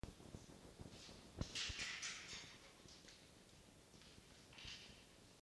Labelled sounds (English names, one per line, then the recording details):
Red Fox
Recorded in captivity
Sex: male
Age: adult
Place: Zoologisches Institut der HUB, Berlin, DE
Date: 1953-01-09 17:35
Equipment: Elmetra
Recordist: Tembrock, Günter
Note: Toni (gegen Castor): stimmloses Keckern